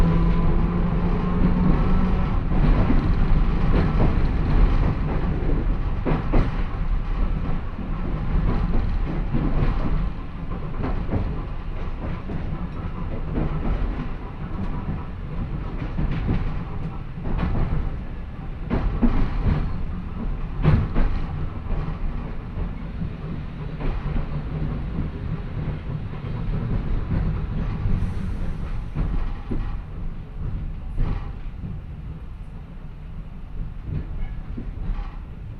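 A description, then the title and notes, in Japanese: An electric train with a nose-suspended traction motor growls heavily as it runs, a thick, low rumble that holds steady for the whole ride. Sharp clacks from the rails break through every second or two, and the loudness swells and dips slightly throughout. 万葉線 高岡駅→越ノ潟。電車は吊りかけモーターなので中々の唸りをあげています。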